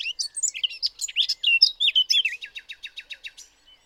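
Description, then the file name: Eurasian blackcap song, a fast jumble of sweet whistled and scratchy notes breaking into a run of evenly spaced clipped notes that fade. "Sylvia atricapilla"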